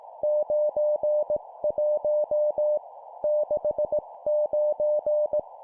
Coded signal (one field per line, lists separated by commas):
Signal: Morse code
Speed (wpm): 18 wpm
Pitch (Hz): 600 Hz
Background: none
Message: 91 69